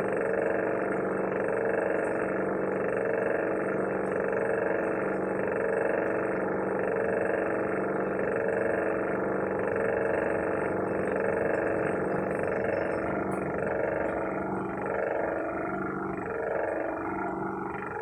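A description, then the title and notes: An old refrigerator runs with a steady, dense hum, its low drone layered with a buzzing midrange tone. The sound holds level throughout, with faint rattles and a pair of brief high ticks near the twelve- and thirteen-second marks. Industrial sounds. The sound of a old refrigerator.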